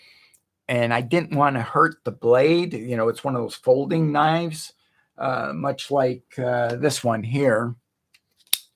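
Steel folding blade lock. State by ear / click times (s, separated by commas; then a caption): seated / 8.5 s. Someone talks, then flips open the metal blade of a folding lockback knife. A sharp snap at 8.5 s marks the blade locking into its open position in the handle, confirming it is locked open.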